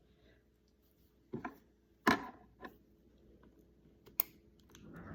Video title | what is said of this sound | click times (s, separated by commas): How to repair a loud Sonicare toothbrush with a wobbly head | You hear that click? Kind of clicked in those two plastic things on the side. | 4.2 s